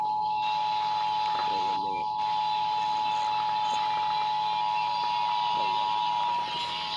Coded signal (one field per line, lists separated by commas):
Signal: Emergency Alert System (SAME) tones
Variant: 853 and 960 Hz attention tone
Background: speech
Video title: THEN A RISK OF TEXAS EAS#400!!! EAS Alerts from 6/23/23 (EAS#375 & 401)